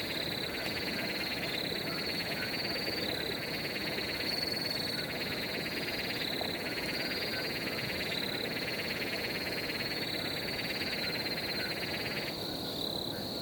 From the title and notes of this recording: Forest Pond Atmosphere. Forest pond ambience with crickets, birds, and frogs.